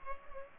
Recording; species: mosquito wingbeat signal from an infrared sensor; Culex pipiens